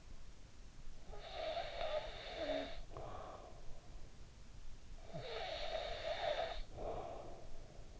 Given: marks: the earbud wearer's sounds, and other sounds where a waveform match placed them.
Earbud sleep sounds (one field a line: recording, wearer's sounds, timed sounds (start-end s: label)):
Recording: sounds in sleep by an in-ear microphone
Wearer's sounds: snoring breath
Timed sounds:
0.34-3.92 s: snoring breath
4.60-8.00 s: snoring breath